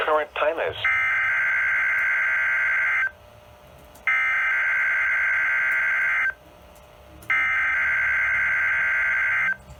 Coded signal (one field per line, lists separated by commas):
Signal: Emergency Alert System (SAME) tones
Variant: header bursts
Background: speech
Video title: Required Weekly Test on NOAA Weather Radio (EAS #22) 2022/03/01